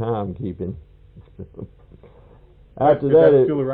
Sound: laughs